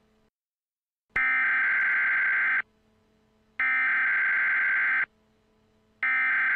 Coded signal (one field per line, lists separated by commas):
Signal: Emergency Alert System (SAME) tones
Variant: header bursts